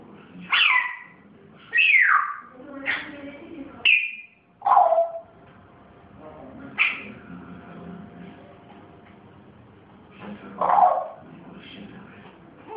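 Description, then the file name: Grey parrot giving scattered whistles and squawky calls, several sharp downslurred notes early, then quieter chatter. Pet grey parrot recorded making its first sounds. "moy zoro zhako popugay"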